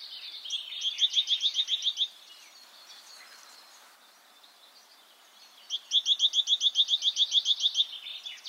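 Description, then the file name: Great tit calls: two fast trains of bright, even chirping notes, each lasting about one and a half to two seconds, separated by a quieter pause with faint chatter. "Parus major"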